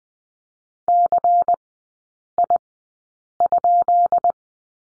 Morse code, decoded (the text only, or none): CI?